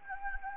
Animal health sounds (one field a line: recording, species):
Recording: mosquito wingbeat signal from an infrared sensor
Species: Anopheles gambiae